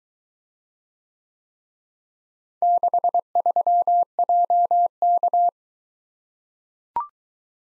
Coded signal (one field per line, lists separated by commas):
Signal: Morse code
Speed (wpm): 23 wpm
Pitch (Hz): 700 Hz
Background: none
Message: 63JK